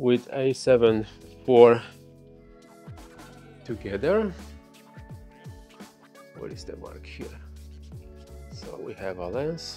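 Someone talks over background music while bringing a SIRUI Aurora 85mm F1.4 lens to an A7IV camera body mount and lining it up with the mount mark. Only faint handling sounds are heard, and the lens has not yet seated or clicked into the mount.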